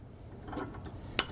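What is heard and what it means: A spring clip is fitted onto the end of the pin connecting the tow bar to the arms of a Roadmaster Direct-Connect base plate on a 2020 Ford Ranger, after the tow bar is lined up and the pin pushed through. Faint handling and rustling lead up to a single sharp, loud snap at 1.2 s, and the clip is seated on the tow bar pin.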